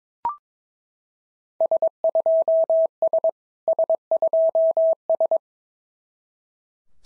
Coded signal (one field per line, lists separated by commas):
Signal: Morse code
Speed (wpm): 22 wpm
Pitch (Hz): 650 Hz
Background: none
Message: S2S S2S